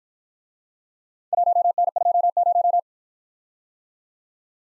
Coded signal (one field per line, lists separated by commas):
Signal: Morse code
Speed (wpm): 52 wpm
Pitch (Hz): 700 Hz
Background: none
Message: 1N20